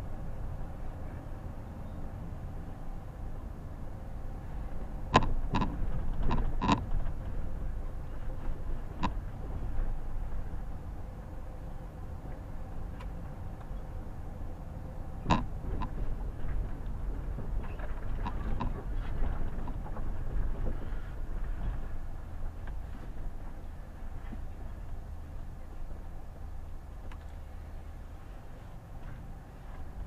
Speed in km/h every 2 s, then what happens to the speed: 20, 19, 16, 17, 15, 16, 16, 16, 15, 14, 12, 10, 8, 8, 8.
0-30 slows to 8.